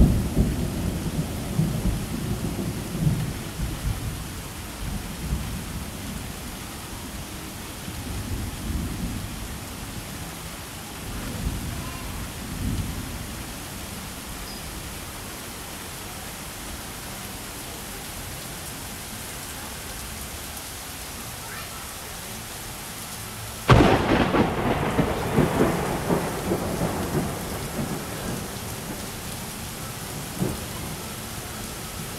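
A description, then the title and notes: Summer rain falls as a steady, even hiss, with deep rolling rumbles of thunder through the first dozen seconds before things settle quieter. Near the 24-second mark a sudden loud thunderclap breaks in and rumbles on for several seconds. Sights & Sounds Summer Rain. If you visit Fort Wilderness in the summer, you are bound to run into a little precipitation.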